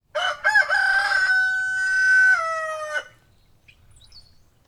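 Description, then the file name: Chicken: rooster crowing once, loud and harmonic-rich: a few broken opening syllables, then a long steady drawn-out note that drops slightly before ending, followed by quiet. Rooster recorded nearby. "freesound rooster"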